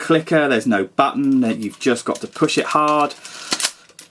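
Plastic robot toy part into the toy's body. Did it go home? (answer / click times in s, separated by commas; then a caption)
yes / 3.5 s, 3.6 s. Someone talks while a plastic part of a Fans Toys Quakewave transforming robot toy is slid up inside the toy's body and pushed hard into place by hand, since it has no clicker or release button. A loud snap is heard at 3.5 s and 3.7 s as the part seats home.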